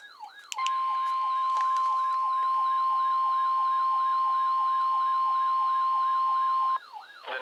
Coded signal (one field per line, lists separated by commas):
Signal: Emergency Alert System (SAME) tones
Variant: 1050 Hz attention tone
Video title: EAS tornado warning